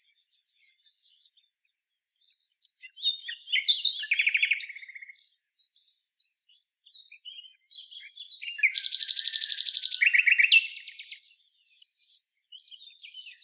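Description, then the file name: Common nightingale song in bursts of chattering notes and a loud, fast, even rattle lasting about two seconds, separated by quiet soft warbles. "Luscinia megarhynchos"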